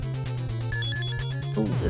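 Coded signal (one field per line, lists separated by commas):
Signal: none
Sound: game's sound effect beeps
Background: speech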